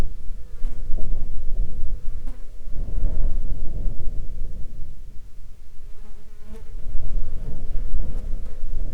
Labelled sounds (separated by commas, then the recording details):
wind, insects
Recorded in the Arctic National Wildlife Refuge, Alaska, on 19 July 2021 at 16:31
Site 33